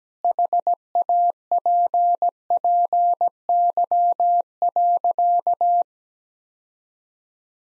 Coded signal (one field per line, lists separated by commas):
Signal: Morse code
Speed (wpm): 17 wpm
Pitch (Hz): 700 Hz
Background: none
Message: HAPPY.